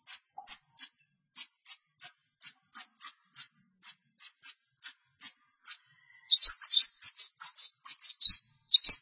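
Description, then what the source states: Long-tailed shrike song: rapid series of sharp, high chirped notes, often in quick pairs and triplets, then a scratchy, jumbled warble at the end. Recorded March 2017; bird called pentet locally.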